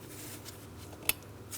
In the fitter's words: Audible click from that as well.